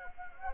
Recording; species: mosquito wingbeat signal from an infrared sensor; Anopheles gambiae